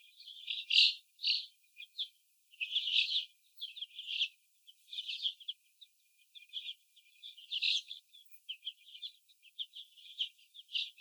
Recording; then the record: young laying hens in a cage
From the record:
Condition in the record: before the stressor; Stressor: sudden umbrella opening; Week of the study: 2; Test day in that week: 1